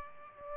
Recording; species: mosquito wingbeat signal from an infrared sensor; Aedes aegypti